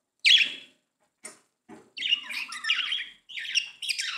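Budgerigar calls: a sharp high squawk, two faint clicks, then a run of scratchy warbling chatter broken by brief pauses.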